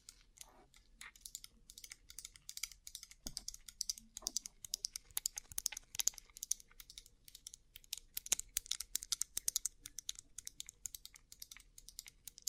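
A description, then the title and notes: Rhinestone-covered tapping: fast, irregular clicks that sound much like typing on a keyboard, each tap sharp and bright. The tapping runs without pause for the full twelve seconds, with denser flurries around the middle and a faint low hum underneath. ASMR Rhinestone Covered Tapping 3Dio (No Talking).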